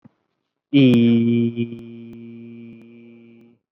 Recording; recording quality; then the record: sustained vowel as in beet; excellent, no background noise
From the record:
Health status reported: exposed to COVID-19, no respiratory illness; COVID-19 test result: negative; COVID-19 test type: RT-PCR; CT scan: not taken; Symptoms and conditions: none ticked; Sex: male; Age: 22 years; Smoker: no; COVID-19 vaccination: one dose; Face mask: worn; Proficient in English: yes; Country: India